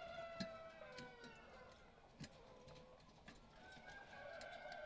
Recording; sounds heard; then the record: poultry house recording; healthy chickens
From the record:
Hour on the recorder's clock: 18